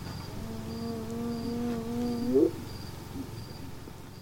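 Hyena call: a long low steady tone with overtones, climbing abruptly at its finish, then quiet with a gentle insect pulse.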